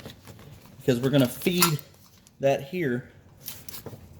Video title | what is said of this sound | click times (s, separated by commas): FAST - How to Install a Dishwasher | when you do that it'll just snap in place | 3.5 s, 3.7 s